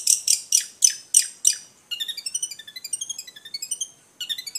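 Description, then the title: Long-tailed shrike song: a series of harsh scratchy notes, then fast high twittering phrases in a varied mix. Combination song (kicau kombinasi). "Kicau Pentet Kombinasi"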